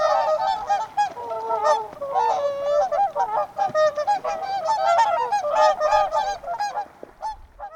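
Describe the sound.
Whooper swans in a noisy flock, resonant trumpeting honks tumbling over one another, loud and continuous, easing slightly near the end.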